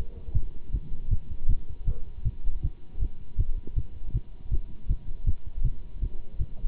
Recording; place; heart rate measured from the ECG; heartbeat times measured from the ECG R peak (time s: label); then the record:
heart sounds by stethoscope; between the tricuspid and mitral areas; 159 bpm
0.34 s: heartbeat
0.72 s: heartbeat
1.10 s: heartbeat
1.48 s: heartbeat
1.86 s: heartbeat
2.24 s: heartbeat
2.62 s: heartbeat
3.00 s: heartbeat
3.37 s: heartbeat
3.75 s: heartbeat
4.13 s: heartbeat
4.50 s: heartbeat
4.88 s: heartbeat
5.26 s: heartbeat
5.63 s: heartbeat
6.01 s: heartbeat
6.38 s: heartbeat
From the record:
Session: Bruce protocol treadmill stress test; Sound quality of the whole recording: good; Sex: male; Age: 24 years